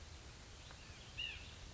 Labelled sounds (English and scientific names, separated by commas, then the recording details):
White-breasted Nuthatch (Sitta carolinensis)
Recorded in Sonoma County, California